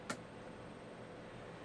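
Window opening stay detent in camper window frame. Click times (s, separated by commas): 0.1 s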